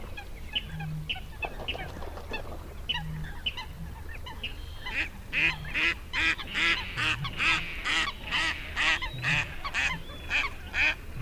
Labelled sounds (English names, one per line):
Water Rail